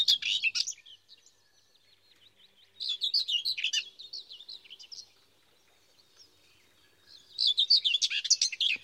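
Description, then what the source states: Common whitethroat song: three short, scratchy, gruff bursts of rapid chattering notes separated by quiet pauses. Gruff, grumpy-sounding song that seems to swear; heard in fairly open landscape with scattered bushes during the later part of spring.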